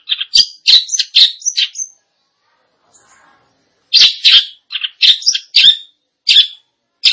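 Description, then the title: Long-tailed shrike singing a rapid mix of scratchy notes and thin whistles, broken by a near-silent gap of about two seconds. Described as singing constantly (gacor). "Cendet Gacor"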